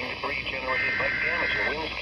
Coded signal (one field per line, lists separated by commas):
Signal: Emergency Alert System (SAME) tones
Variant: header bursts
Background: speech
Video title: Your Typical June Afternoon- EAS Alerts from 6/16 & 6/17/22 - EAS 716-773